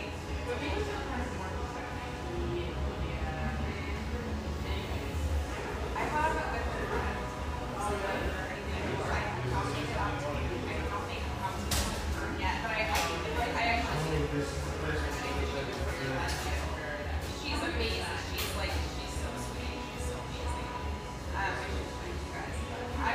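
Steady murmur of an espresso bar, with overlapping voices talking throughout and no pauses. A low rumble and hum sit underneath, and frequent short clinks and clatters of cups and dishes break through every second or two.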